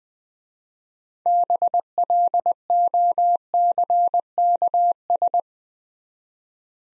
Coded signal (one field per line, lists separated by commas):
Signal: Morse code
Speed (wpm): 20 wpm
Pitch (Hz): 700 Hz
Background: none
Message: BLOCKS